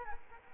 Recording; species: mosquito wingbeat signal from an infrared sensor; Culex quinquefasciatus